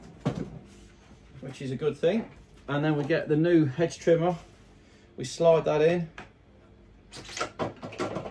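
A hedge trimmer attachment shaft is slid into the quick-lock coupler of a cordless Milwaukee M18 Quik-Lok power head while someone talks. Short handling noises follow near the end of the clip. Nothing has seated or clicked yet.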